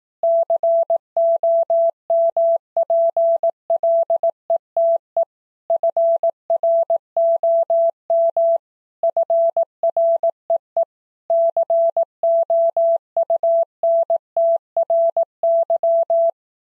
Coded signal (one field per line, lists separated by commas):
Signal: Morse code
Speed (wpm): 18 wpm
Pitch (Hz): 670 Hz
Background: none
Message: COMPLETE FROM FREE COUNTRY